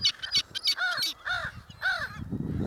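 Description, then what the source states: American crow giving a rapid rattling series, then three arched cooing notes about half a second apart, ending with soft rustling. Strange rattle-coo calls from one bird at a compost pile, Tompkins County, New York, March 2014, 12:27 p.m.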